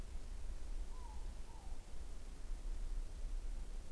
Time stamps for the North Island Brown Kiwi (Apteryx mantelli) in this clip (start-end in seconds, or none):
none